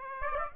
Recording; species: mosquito wingbeat signal from an infrared sensor; Aedes aegypti